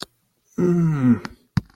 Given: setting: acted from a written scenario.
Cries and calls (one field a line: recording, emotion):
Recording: vocal sound without words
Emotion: embarrassment